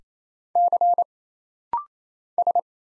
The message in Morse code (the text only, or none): C S